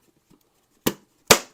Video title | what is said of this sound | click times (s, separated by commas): Darth Tuba's Star Wars Unboxing Show #635: Morphy Auctions HUGE UNBOXING | snaps right in | 0.9 s, 1.3 s